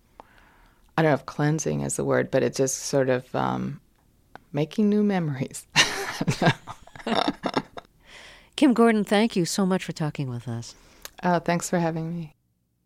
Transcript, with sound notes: I don't know if cleansing is the word - but it just sort of - making new memories. I don't know (laughter).
Kim Gordon, thank you so much for talking with us.
Thanks for having me.